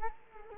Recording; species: mosquito wingbeat signal from an infrared sensor; Culex quinquefasciatus